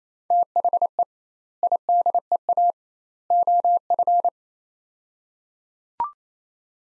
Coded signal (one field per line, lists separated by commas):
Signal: Morse code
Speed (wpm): 27 wpm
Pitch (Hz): 700 Hz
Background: none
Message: THE IDEA OF